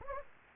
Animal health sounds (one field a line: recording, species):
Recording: mosquito wingbeat signal from an infrared sensor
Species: Anopheles gambiae